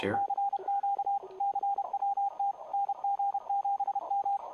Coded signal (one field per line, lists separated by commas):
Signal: Morse code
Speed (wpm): 32 wpm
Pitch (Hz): 800 Hz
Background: radio noise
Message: CQ CWT NG7M